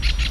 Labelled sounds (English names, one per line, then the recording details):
Brown-throated Parakeet contact call
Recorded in Venezuela
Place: Tumeremo, Edo. Bolívar
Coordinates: 7.209, -61.364